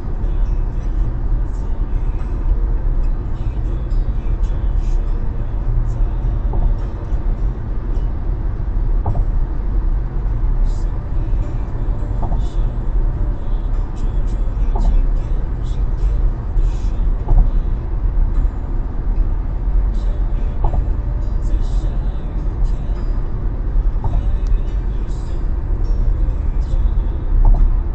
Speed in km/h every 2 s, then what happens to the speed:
105, 105, 106, 106, 106, 106, 106, 106, 106, 107, 106, 106, 105, 103.
0-28 steady at about 106.